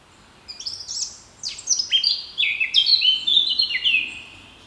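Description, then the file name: Eurasian blackcap song: quiet opening notes swell into loud, fluty whistled phrases sliding downward, about four seconds long over faint background hiss. "Sylvia atricapilla"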